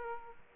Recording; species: mosquito wingbeat signal from an infrared sensor; Aedes aegypti